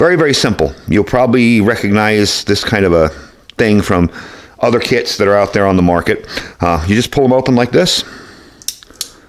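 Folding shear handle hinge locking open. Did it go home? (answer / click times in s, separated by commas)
yes / 8.7 s, 9.0 s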